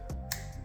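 A wiring harness connector on a 2021-2025 Hyundai Kona SE 2.0L (a 2025) is slid onto the ignition coil after its gasket is checked, with a low steady hum underneath. A sharp snap at 0.3 seconds marks the connector clicking into place, confirming it is seated. No one talks.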